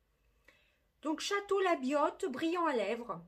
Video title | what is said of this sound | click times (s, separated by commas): partenariat stylevana#VANAFAMILY | marqué ici vous avez un petit clic pour bien fermé donc | 0.5 s